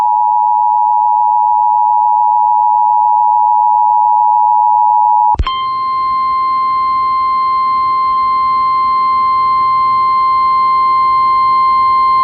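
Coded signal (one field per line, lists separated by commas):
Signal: Emergency Alert System (SAME) tones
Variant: 853 and 960 Hz attention tone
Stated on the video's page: Real National Weather Service severe thunderstorm warning broadcast on an FM station, received via the TuneIn app on Windows 11 and screen-recorded.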